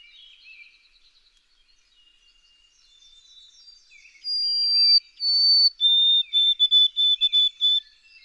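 White-throated sparrow song: faint high twittering at first, then loud pure whistles, two long notes stepping down, then quick repeated lower notes.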